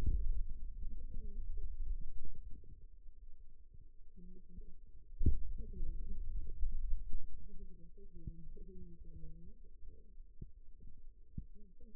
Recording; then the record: forearm muscle sounds (acoustic myography)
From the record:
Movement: finger pinch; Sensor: system 2, bracelet of six BSWA MPA416 microphones around the upper forearm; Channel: 3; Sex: male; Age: 22 years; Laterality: right